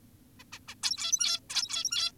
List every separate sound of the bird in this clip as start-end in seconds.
0.40-0.44, 0.52-0.60, 0.68-0.75, 0.83-1.40, 1.50-2.12